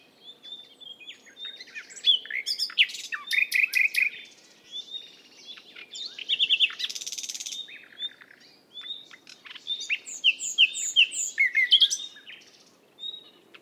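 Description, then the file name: Common nightingale singing a long varied sequence: fast clicking rattles, pure whistles, rich chuckling phrases and a harsh buzzy burst, separated by brief pauses, with a soft low hum behind. "Luscinia megarhynchos"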